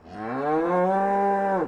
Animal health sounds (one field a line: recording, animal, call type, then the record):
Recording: contact call of a hoofed animal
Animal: cattle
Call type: low-frequency (closed-mouth) or high-frequency (open-mouth) call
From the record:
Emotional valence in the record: negative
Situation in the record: full separation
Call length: 1.67 s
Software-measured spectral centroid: 980 Hz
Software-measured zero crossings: 1380 a second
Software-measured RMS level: -24 dBFS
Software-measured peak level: -12 dBFS